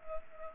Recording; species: mosquito wingbeat signal from an infrared sensor; Culex pipiens